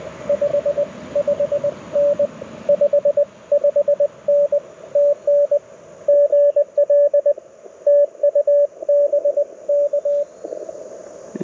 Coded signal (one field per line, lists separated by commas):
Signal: Morse code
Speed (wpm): 21 wpm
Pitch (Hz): 580 Hz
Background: radio noise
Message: 55N 55N TN GL TU BK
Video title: Morse Code Monday #2 - 07/17/2023 @ K-4451